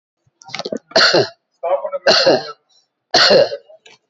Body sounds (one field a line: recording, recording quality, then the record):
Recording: shallow voluntary cough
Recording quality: excellent, no background noise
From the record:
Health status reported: COVID-19 positive, mild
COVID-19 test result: positive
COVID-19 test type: RT-PCR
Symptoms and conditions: cough, cold, muscle pain, chronic lung disease, ischaemic heart disease, another condition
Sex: female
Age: 81 years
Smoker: no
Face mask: not worn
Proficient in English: no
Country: India